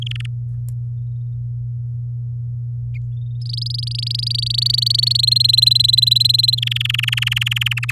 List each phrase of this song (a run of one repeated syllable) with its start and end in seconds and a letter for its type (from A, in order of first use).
0.02-0.26 A, 3.41-5.17 B, 5.19-6.55 C, 6.57-7.74 A, 7.77-7.92 D